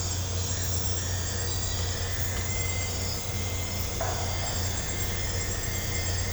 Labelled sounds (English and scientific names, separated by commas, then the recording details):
none
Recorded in pastures near Puerto Asís, Putumayo, Colombia, on 20 December 2024 at 02:00
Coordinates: 0.502, -76.324
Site G077